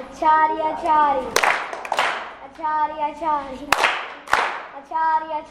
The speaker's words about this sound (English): Clap for him. It's new, but it's good.